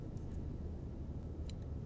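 An M.2 SSD is pushed into its motherboard M.2 slot after several fumbled attempts, over a steady low rumble. A single sharp click sounds at 1.5 s as the drive locks into the slot and is seated.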